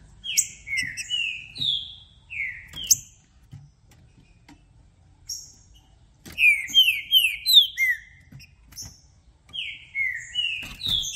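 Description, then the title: Green-winged saltator song: repeated phrases of rich downslurred whistles with high thin notes, separated by short quiet gaps. Recording played to warm up a trinca-ferro for a singing contest, varying through several song types, meant to open up the bird's song. "Trinca Ferro VALENTE! VIRANDO VARIOS TIPOS DE CANTOS!! Melhor para ABRIR O CANTO!!"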